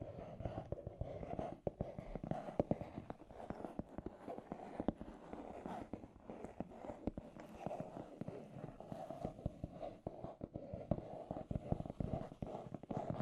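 Scratchy tapping runs steadily through all thirteen seconds, a dense, irregular patter of quick taps that sometimes crowd together into bursts. The tone is mostly low and mid, with a gritty, scraping texture between the sharper clicks and no other sounds behind it.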